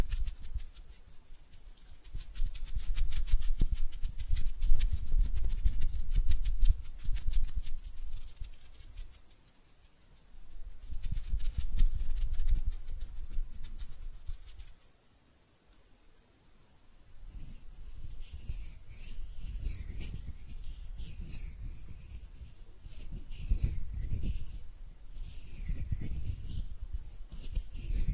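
Hand sounds: soft rubbing and brushing in waves, with dense fine crackling and faint taps, pausing briefly near 10 and 15 seconds. After about 17 seconds, bright swishing strokes repeat every couple of seconds over a low rumbling texture.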